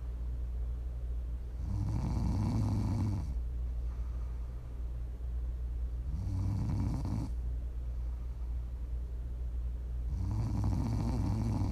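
A sleeping adult snoring: three low, rumbling snores on inhalation, about every four seconds, against a steady low background hum, offered as ASMR for relaxing or falling asleep to.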